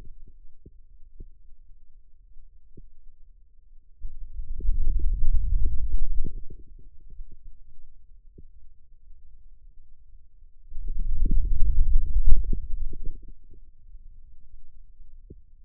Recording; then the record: forearm muscle sounds (acoustic myography)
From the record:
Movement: wrist extension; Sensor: system 2, bracelet of six BSWA MPA416 microphones around the upper forearm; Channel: 1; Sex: male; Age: 22 years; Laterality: right